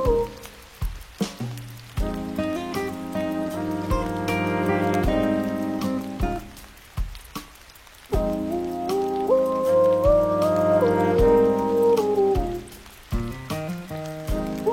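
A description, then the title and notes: Soft, sustained music with warm held chords and a gentle melody rising in the middle, set against a steady patter of rain. The music thins out and grows quiet around seven seconds, then swells back fuller from eight seconds until near the end. Music w/ Rain Sounds.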